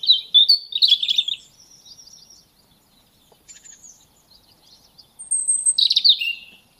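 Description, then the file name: European robin song with a warbling high phrase at the start, thin drawn-out whistles in the quiet gap, then another bright trilling burst near the end. "Erithacus rubecula"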